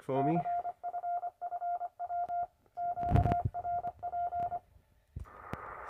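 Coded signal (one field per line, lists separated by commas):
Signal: Morse code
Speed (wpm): 25 wpm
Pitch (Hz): 700 Hz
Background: speech, radio noise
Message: CFFW QRP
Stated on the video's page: Signals heard while testing a centre-fed full wave dipole antenna, including results later in the day.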